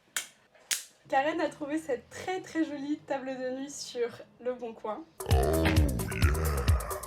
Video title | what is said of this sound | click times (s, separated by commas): J'optimise le studio de 14m2 d'une abonnée à Paris avec 750€ | Mais au moins, on avait le son du clipsage. Juste écoutez comme il est satisfaisant. | 0.2 s